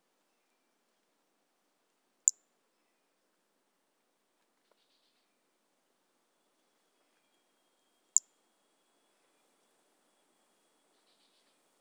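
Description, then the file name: Pumpkin toadlet calling with two short, high click-like notes about six seconds apart, silence between them. Individual 04, recorded 18 January 2018; specimen collected. "Brachycephalus mirissimus 18 jan 2018 individual 04 ex 04 A E Confetti collected MHNCI 10795"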